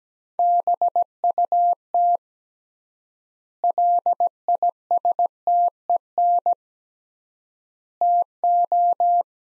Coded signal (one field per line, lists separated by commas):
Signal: Morse code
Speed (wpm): 17 wpm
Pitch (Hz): 700 Hz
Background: none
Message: BUT LISTEN TO